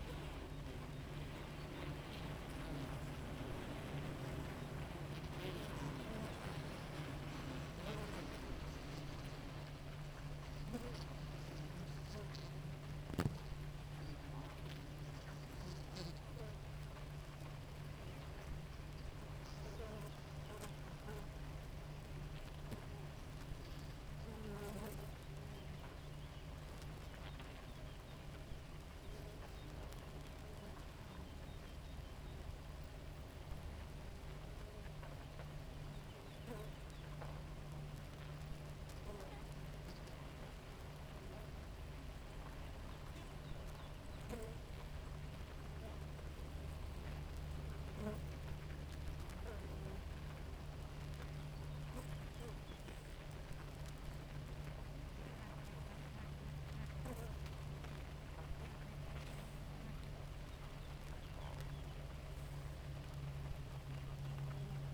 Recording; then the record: honeybee colony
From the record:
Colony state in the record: active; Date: 28 July 2017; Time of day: 4:16